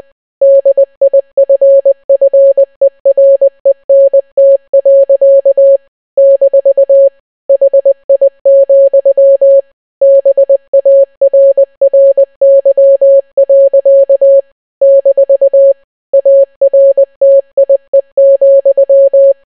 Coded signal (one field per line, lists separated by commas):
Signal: Morse code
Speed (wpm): 20 wpm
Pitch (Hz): 550 Hz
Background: none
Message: DIFFERENT. - HI, BARRY. - ARTIE,